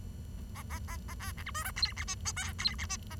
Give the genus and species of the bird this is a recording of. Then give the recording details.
Lonchura striata domestica. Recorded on 23 June 2012 at 09:57. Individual gr41rd51